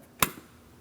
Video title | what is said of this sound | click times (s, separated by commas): How to Replace Coolant Reservoir 2003-2007 Cadillac CTS 3.6L V6 | After an audible click, we'll give it a tug, make sure it's secured in place. | 0.2 s